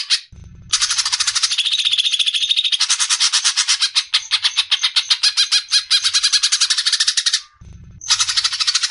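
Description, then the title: Greater green leafbird cackling song: one sustained burst of rapid, grating notes lasting about seven seconds, then a fresh outburst after a short break. Long cackling song style (ngekek panjang), used as a master recording for training songbirds for singing contests. "mster Mnuk. MASTERAN CUCAK IJO NGEKEK PANJANG COCOK BAGI YANG MAU TARUNG KICAU"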